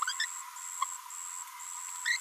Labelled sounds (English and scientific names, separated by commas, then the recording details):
Green-rumped Parrotlet (Forpus passerinus) babbling
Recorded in a nest box in Venezuela
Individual 18B25A4